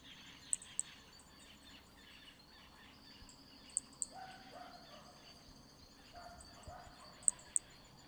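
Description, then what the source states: Hermogenes' toadlet producing paired high-pitched clicks, three pairs spaced about three seconds apart, above a soft insect buzz and faint background calls. Specimen MHNCI 186, Picinguaba, Brazil.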